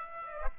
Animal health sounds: mosquito wingbeat signal from an infrared sensor; Aedes aegypti

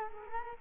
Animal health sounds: mosquito wingbeat signal from an infrared sensor; Culex quinquefasciatus

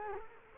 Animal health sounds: mosquito wingbeat signal from an infrared sensor; Culex quinquefasciatus

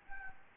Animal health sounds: mosquito wingbeat signal from an infrared sensor; Anopheles gambiae

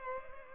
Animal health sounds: mosquito wingbeat signal from an infrared sensor; Culex pipiens

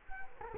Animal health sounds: mosquito wingbeat signal from an infrared sensor; Culex quinquefasciatus

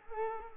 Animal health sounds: mosquito wingbeat signal from an infrared sensor; Culex pipiens

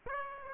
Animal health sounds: mosquito wingbeat signal from an infrared sensor; Aedes aegypti

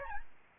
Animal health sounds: mosquito wingbeat signal from an infrared sensor; Aedes albopictus

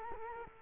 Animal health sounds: mosquito wingbeat signal from an infrared sensor; Culex quinquefasciatus

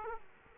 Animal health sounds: mosquito wingbeat signal from an infrared sensor; Aedes aegypti

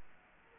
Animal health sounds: mosquito wingbeat signal from an infrared sensor; Aedes aegypti

